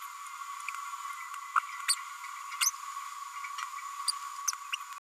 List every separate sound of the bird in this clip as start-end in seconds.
1.55-1.60, 1.88-1.96, 2.60-2.71, 4.08-4.12